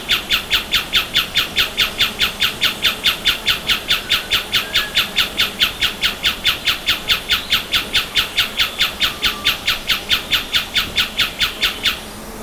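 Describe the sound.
Bird calls: a harsh, buzzy note repeated very steadily about twice a second until just before the end, over a low background hum.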